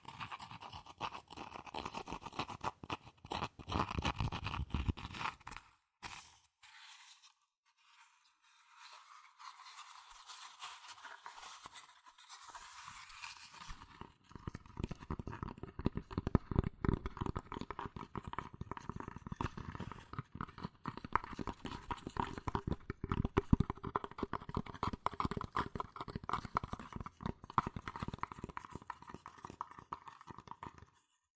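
Fast tapping and scratching on cardboard and paper, with dense, quick, crisp strikes through most of the clip. Around six to fourteen seconds the sound thins to a lighter, hissing scratch with the low thumps gone, then the rapid tapping returns and continues steadily to the end.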